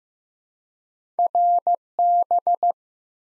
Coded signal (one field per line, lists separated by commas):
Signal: Morse code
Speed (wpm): 15 wpm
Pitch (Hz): 700 Hz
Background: none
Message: RB